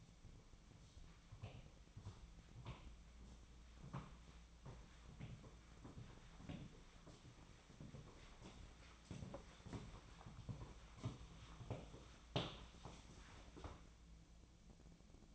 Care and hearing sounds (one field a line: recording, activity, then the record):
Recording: daily activity, microphone in the room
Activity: walk to room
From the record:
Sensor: 1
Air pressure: 1010.1 hPa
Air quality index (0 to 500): 183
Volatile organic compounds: 15 ppm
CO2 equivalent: 2515 ppm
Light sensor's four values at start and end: 38/97/40/49 and 37/97/40/49